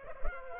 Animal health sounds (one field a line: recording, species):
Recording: mosquito wingbeat signal from an infrared sensor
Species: Culex pipiens